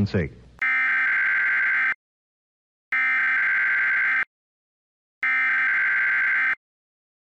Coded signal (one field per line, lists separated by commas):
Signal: Emergency Alert System (SAME) tones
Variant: header bursts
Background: speech